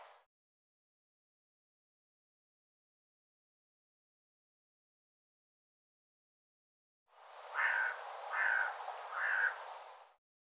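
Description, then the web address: Bird: after a long silence, a bird gives three quiet, rough caws in a row. "cianscape birddata Deverinetal 2025 File cleaned normalized Bird"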